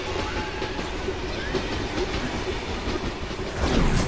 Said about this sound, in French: Je conduisais le chariot comme je pouvais sur des rails rouillés par le temps, des rails peu utilisés d'habitude.